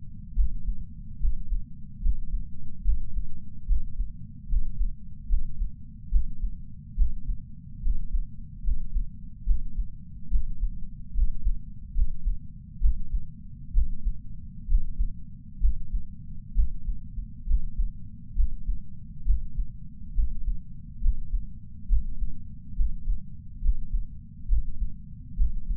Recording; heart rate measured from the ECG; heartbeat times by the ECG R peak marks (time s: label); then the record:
heart sounds by patch sensor on the chest; 70 bpm
0.34 s: heartbeat
1.19 s: heartbeat
2.00 s: heartbeat
2.83 s: heartbeat
3.66 s: heartbeat
4.47 s: heartbeat
5.27 s: heartbeat
6.10 s: heartbeat
6.95 s: heartbeat
7.81 s: heartbeat
8.62 s: heartbeat
9.44 s: heartbeat
10.29 s: heartbeat
11.13 s: heartbeat
11.93 s: heartbeat
12.79 s: heartbeat
13.72 s: heartbeat
14.66 s: heartbeat
15.59 s: heartbeat
16.53 s: heartbeat
17.45 s: heartbeat
18.34 s: heartbeat
19.24 s: heartbeat
20.13 s: heartbeat
21.00 s: heartbeat
21.87 s: heartbeat
22.75 s: heartbeat
23.60 s: heartbeat
24.47 s: heartbeat
25.35 s: heartbeat
From the record:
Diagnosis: coronary artery disease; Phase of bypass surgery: preoperative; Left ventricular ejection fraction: 62.4%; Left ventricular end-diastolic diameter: 53 mm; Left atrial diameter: 33 mm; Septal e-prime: 9.2 cm/s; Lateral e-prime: 11.3 cm/s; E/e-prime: 6.9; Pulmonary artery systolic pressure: 26 mmHg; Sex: male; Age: 35 years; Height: 178 cm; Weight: 58 kg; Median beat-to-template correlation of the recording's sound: 0.86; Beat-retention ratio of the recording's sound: 0.99